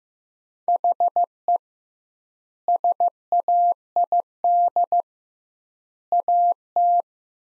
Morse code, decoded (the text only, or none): HE SAID AT